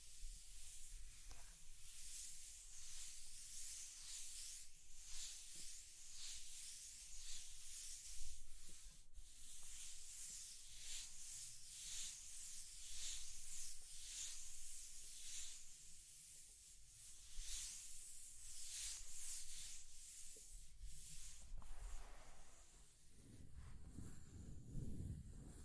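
Scratching and tracing sounds made of soft, dry rubbing strokes that repeat in a loose, fairly quick rhythm, each one hissy and bright. The strokes stay steady through most of the clip, then near the end a low rumbling handling noise takes over.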